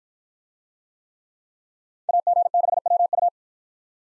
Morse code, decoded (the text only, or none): AG6WU